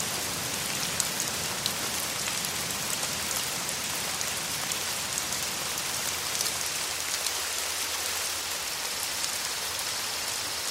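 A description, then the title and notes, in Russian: Warm rain drums on a roof, a dense, steady patter of countless drops with no breaks. Sharper, brighter taps stand out every second or so over the even hiss. A soft low rumble sits underneath through the first half. Дождь на даче. Долгожданный тёплый дождь стучит по крыше.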